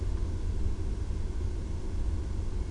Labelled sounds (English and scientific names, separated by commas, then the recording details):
none
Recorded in Germany
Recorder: ecoPi